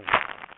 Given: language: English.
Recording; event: throat vibration sensor signal played as sound; throat clearing